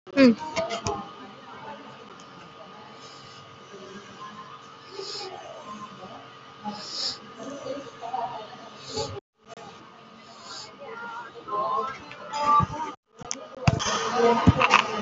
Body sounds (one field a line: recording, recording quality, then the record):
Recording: shallow breathing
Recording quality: excellent, no background noise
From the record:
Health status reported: respiratory illness, not identified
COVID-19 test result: negative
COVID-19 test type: RT-PCR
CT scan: taken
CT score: 0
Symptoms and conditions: breathing difficulty, asthma, another condition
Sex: female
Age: 41 years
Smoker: no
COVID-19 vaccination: none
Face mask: worn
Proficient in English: no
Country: India